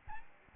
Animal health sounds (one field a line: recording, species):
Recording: mosquito wingbeat signal from an infrared sensor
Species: Aedes albopictus